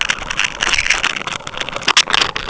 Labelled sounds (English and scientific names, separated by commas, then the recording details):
none
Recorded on Arctic tundra, site UTQI-5, on 12 June 2019
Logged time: 00:00